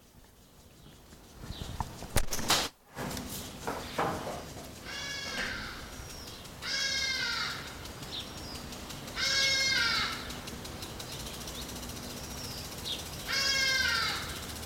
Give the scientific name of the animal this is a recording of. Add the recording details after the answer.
Bostrychia hagedash. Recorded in captivity. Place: Zoo Berlin, Berlin, DE. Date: 1995-08-05 19:10. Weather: sonnig, 25°C. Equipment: Nagra SN, Sennheiser ME 80, Kopie Tesla B 116. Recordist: Tembrock, Günter